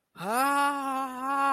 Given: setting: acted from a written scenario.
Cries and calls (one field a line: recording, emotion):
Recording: vocal sound without words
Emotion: fear